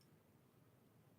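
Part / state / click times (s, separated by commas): plastic model kit part into the yellow kit part / not seated / none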